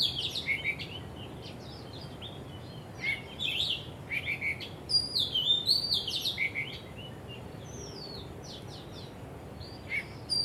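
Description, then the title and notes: Bird song in scattered high chirps and short warbles, busiest around the middle, with quiet stretches and a constant soft hiss behind. Birds singing vigorously at Wu Kai Sha, Hong Kong, on 15 December 2006, recorded with AKG condenser microphones in XY stereo. "香港 烏溪沙 雀鳥勁唱歌 Date: 15 December 2006"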